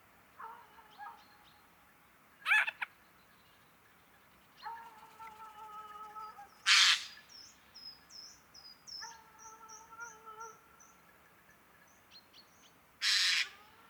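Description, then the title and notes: Eurasian jay rasping screeches scattered among drawn-out harmonic mewing notes and thin high chirps. October 2019; jays from northern Europe arriving across the country in large numbers after poor oak fruiting in Scandinavia and probably good breeding; an ambience of varied calls of the species. "sonothèque Fernand DEROUSSEN. Geai des chênes (Garrulus glandarius)"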